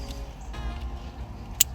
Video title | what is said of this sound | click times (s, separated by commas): 2015 Lexus IS 10.25 Android Head Unit Upgrade Installation | no problem. You heard the click. | 1.6 s